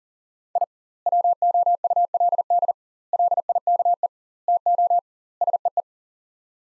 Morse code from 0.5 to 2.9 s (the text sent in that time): I WOULD